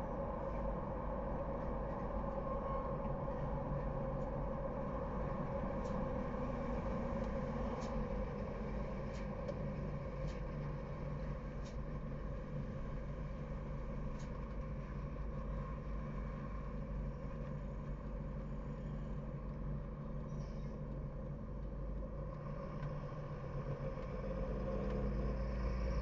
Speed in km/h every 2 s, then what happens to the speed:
65, 65, 59, 51, 46, 36, 25, 16, 10, 8, 5, 4, 8.
2-21 slows to 4.